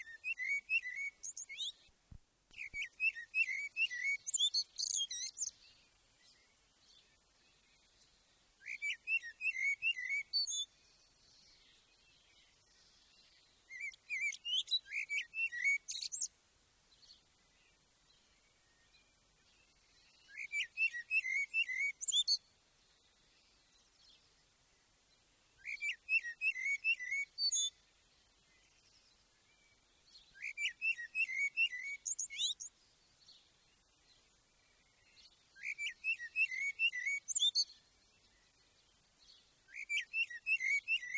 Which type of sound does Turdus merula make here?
song